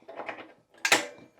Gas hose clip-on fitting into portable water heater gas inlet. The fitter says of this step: it's it locks into place pretty easy pretty straightforward you hooked up the gas